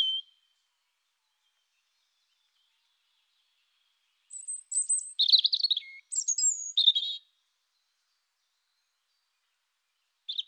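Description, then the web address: European robin singing a rich phrase of high sweet notes, very thin high whistles and short warbles, with long silent gaps before and after. "annee-nature rougegorge"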